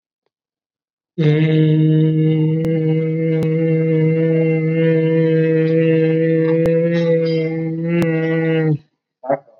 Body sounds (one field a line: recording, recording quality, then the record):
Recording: sustained vowel as in made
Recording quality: excellent, no background noise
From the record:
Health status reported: COVID-19 positive, mild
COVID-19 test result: positive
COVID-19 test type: rapid antigen test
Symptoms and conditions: cough, fever, fatigue, muscle pain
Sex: male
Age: 20 years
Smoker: no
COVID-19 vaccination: both doses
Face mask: worn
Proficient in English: yes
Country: India